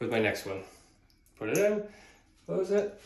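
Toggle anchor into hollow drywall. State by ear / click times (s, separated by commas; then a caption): not seated / none. Someone talks while handling a spring toggle anchor for a cabinet rail, getting it ready to push through a hole in hollow drywall, where its wings are meant to snap open behind the wall with a click that shows the anchor is good. Only speech is heard; nothing has seated or clicked yet, and the anchor is not yet home.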